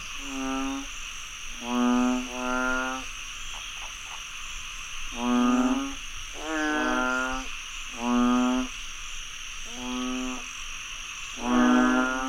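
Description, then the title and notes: Frogs calling in short nasal, buzzy croaks, each under a second long, several bursts with gaps between them, over steady insect hiss. Frogs croaking after heavy rainfall in Chiang Mai, Thailand. "Frogs croaking after heavy rainfall in Chiang Mai, Thailand. Alex Boyesen"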